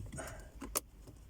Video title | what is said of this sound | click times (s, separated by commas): How to change a Honda Hrv Cabin Filter | nice satisfying click | 0.8 s